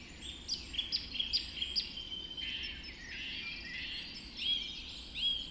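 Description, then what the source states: Birds in a birds: a quick run of bright whistled notes, then tangled warbling and chirping from several singers over soft, constant hiss. Birds recorded just after dawn in the Forest of Dean.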